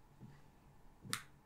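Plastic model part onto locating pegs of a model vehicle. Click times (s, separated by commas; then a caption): 1.1 s. A plastic part for a DeAgostini Build Your Own Thunderbird 2 die-cast/plastic model vehicle kit (FAB Mini Falcon issues 15 & 16) is pressed onto two locating pegs, with a faint low soft bump near 0.2 s and a rising push around 1.0 s. A sharp, bright, short click at 1.1 s is heard as the part seats onto the pegs.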